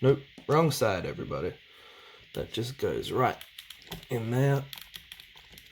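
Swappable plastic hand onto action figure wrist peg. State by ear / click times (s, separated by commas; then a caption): not seated / none. Someone talks while handling a swappable plastic blast hand, first trying the wrong side and then pushing it onto an action figure's wrist peg at the wrist joint. A few faint, brief ticks from handling come near the end. Nothing has seated or clicked yet when the clip ends.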